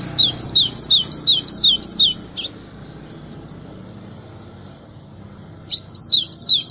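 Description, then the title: White-throated seedeater: a rhythmic string of sharp, downslurred whistles, a pause with low background noise, then the phrase starts again. "Canto Do Golinha"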